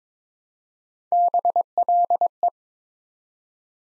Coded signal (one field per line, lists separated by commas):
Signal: Morse code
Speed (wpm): 22 wpm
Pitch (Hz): 700 Hz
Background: none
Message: BLE